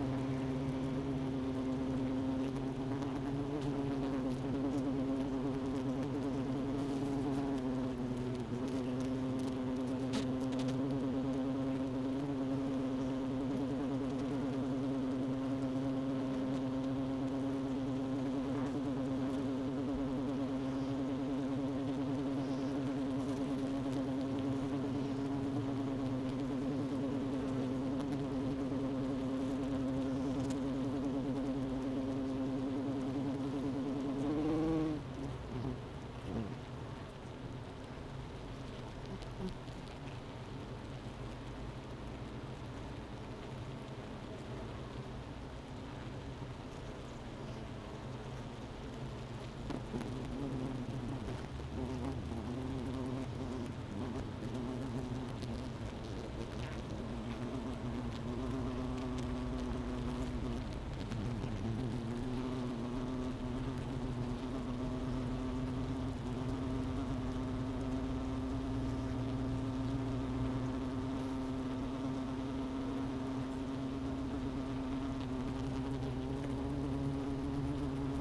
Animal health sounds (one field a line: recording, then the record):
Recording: honeybee colony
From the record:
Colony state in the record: missing queen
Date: 31 May 2018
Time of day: 11:11